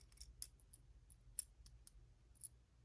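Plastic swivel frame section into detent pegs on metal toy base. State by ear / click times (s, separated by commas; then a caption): seated / 0.4 s, 1.4 s. A molded black plastic middle swivel frame on a Hot Wheels RLC 1952 Dodge Power Wagon die-cast toy truck is twisted by hand, riding over about three notches against small pegs molded onto the metal base. Faint bright ticks scatter through the clip, with sharp clicks at 0.4 s and 1.4 s as it locks into place in the notches.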